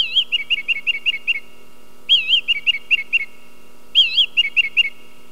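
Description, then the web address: Song thrush delivering a wavering whistled phrase followed by quick repeated notes, the same pattern sung three times in a row, with a soft steady hum behind. "sons oiseaux grive musicienne"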